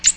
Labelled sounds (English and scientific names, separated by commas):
Ovenbird (Seiurus aurocapilla) flight call